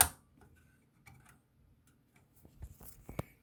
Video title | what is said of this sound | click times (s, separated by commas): 컴퓨터 화면 멈춤, 컴퓨터 멈춤현상, 컴퓨터 멈춤, 컴퓨터 화면 멈춤, 컴퓨터 멈췄을때, 노트북 화면 멈춤, 컴퓨터 먹통, 컴퓨터 프리징, 컴퓨터가 멈춰요, 컴퓨터 갑자기 멈춤, | 딸깍 소리가 날 때까지 지금 보면 한쪽은 딸깍 소리가 나한테 한쪽은 딸깍 소리가 제대로 나지 않았어요네 | 3.2 s